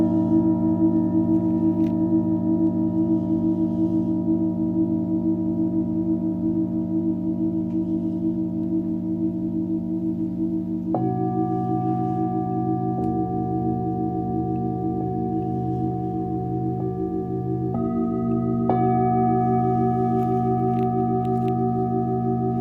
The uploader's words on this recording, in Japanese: メキシコから シンギングボウルのサウンドヒーリング。